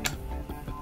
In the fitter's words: Vous avez entendu ce petit clic?